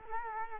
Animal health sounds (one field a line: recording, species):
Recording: mosquito wingbeat signal from an infrared sensor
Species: Culex quinquefasciatus